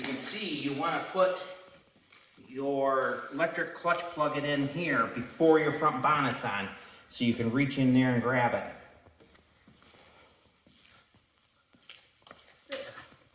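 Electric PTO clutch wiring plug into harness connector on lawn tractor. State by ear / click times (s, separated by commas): seated / 12.7 s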